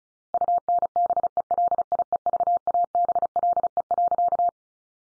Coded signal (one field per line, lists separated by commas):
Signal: Morse code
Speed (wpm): 34 wpm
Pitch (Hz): 700 Hz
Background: none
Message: UNBELIEVABLE.